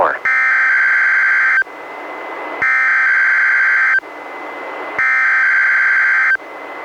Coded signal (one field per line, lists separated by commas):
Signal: Emergency Alert System (SAME) tones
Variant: header bursts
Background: speech